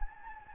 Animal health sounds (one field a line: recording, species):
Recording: mosquito wingbeat signal from an infrared sensor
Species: Anopheles gambiae